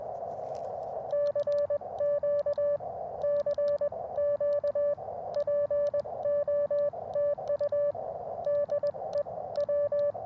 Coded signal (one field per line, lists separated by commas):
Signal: Morse code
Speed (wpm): 20 wpm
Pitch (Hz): 580 Hz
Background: radio noise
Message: CQ CQ POTU DE W